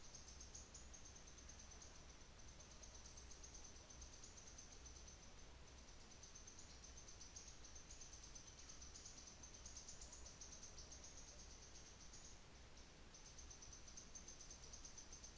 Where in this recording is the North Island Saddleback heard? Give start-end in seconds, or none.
none